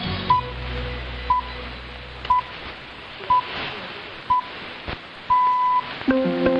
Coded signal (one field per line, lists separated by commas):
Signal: radio time signal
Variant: time pips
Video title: 🌍 Great Shortwave Scan on the Choyong LC90 | BBC, Akashvani, Radio Ergo | Unique All-in-One Radio 📻